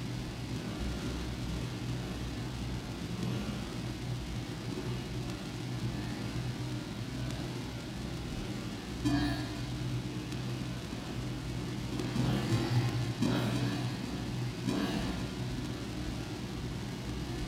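A radiophonic piece built from the sounds of melting snow. A steady low rumble runs throughout, with a faint hiss above it. Brief brighter crackling, trickling bursts break through around the ninth second and again between twelve and fifteen seconds.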